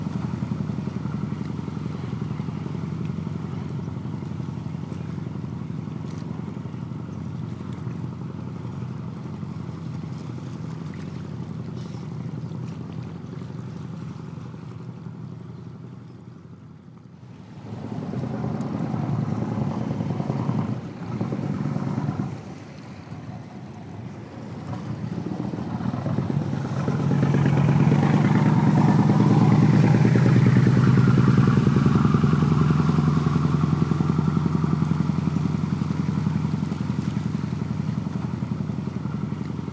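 A slow-moving boat rumbles with a steady low engine drone that holds for the first fifteen seconds, then dips briefly quieter around seventeen seconds. The engine swells back, growing louder and rougher from about twenty-six seconds, with some hiss and wind across the microphone.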